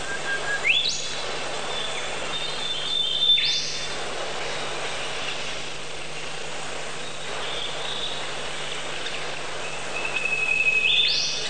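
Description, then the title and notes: Bird calls: thin, high whistled notes held briefly, with a few rising swishing sweeps over steady background noise. Many different kinds of birds. "Bird Sound Effects पक्षी लगता है. lots of different bird sounds"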